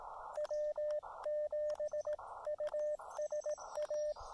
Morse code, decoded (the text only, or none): W7USA